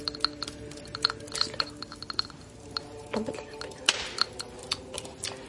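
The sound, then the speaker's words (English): An object is dropped into a small glass vial of water, making a series of sharp, bright glassy clinks and taps at an irregular pace, with soft rustling between them. “Now, let me just put it into the vial filled with water.”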